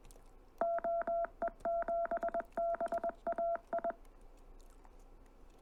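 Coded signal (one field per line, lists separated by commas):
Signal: Morse code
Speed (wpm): 21 wpm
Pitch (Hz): 680 Hz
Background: none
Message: OE7BAI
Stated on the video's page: CW instruction preparing operators for Field Day and contesting.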